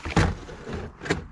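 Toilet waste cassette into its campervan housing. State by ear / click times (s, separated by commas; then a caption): not seated / none. The removable toilet waste cassette of a Globecar GlobeScout campervan is slid back into its bay in the campervan wall. There are bumps and scraping sounds, with a louder knock at about 0.2 s and another at about 1.1 s. The cassette has not yet seated and its latch has not clicked.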